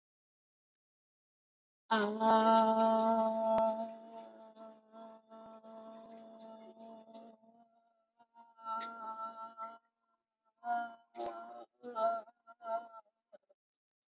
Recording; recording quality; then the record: sustained vowel as in made; excellent, no background noise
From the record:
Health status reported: COVID-19 positive, no symptoms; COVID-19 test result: positive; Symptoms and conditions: cough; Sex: female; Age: 45 years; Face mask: worn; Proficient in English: yes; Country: India